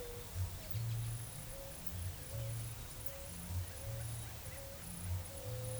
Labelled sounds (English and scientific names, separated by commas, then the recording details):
Eared Dove (Zenaida auriculata), White-tipped Dove (Leptotila verreauxi)
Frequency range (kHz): Eared Dove (Zenaida auriculata) 0.4-0.7 kHz; White-tipped Dove (Leptotila verreauxi) 0.3-0.7 kHz
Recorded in forest near Pivijay, Magdalena, Colombia, on 4 June 2023 at 13:00
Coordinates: 10.467, -74.380
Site Z5-G034